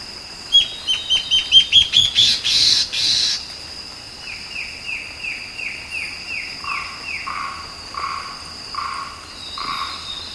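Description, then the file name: Bird calling: a rapid string of sharp notes, then a long run of downslurred whistles. Lower, rounder notes repeat near the end, all over a steady high hum. "SABIOD 50 bird 2015"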